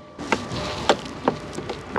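The wiring plug is pressed onto a 55W Excelite Xenon White Ultra fog lamp bulb on a Kia Sonet. A sharp click at 0.3 s marks the connector seating, followed by further short knocks around 0.9, 1.3, 1.7 and 2.0 s over a steady background hiss. The connector is confirmed seated.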